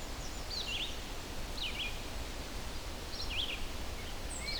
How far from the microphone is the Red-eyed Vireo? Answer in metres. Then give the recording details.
about 50 m. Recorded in boreal forest in Alberta, Canada, on 4 June 2016 at 08:48. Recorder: SongMeter 3, array SBT-3-51. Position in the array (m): 29 m, 91 m